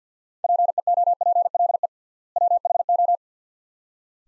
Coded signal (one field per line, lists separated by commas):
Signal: Morse code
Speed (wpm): 45 wpm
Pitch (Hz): 700 Hz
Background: none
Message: PEOPLE WHO